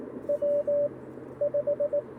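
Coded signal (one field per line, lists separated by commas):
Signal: Morse code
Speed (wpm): 20 wpm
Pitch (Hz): 580 Hz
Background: radio noise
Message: W5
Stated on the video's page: Morse code keyed for a quick parks on the air activation using a CFT-1 radio and a PERformer 17-foot whip antenna, covering 20m to 10m.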